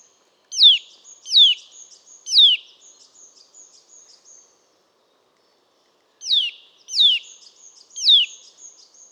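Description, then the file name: Eurasian nuthatch calls in two bursts of three sharp descending whistles, with faint high-pitched twittering between and after them. "Sitta europaea"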